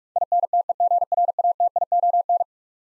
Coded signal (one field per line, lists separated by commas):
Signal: Morse code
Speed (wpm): 46 wpm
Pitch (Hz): 700 Hz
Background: none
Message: INTEGRATION